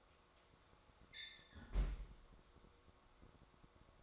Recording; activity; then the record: daily activity, microphone in the room; close fridge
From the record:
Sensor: 3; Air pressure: 1004.6 hPa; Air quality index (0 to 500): 191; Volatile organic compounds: 13 ppm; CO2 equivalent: 2390 ppm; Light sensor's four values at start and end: 5/12/4/4 and 5/12/4/4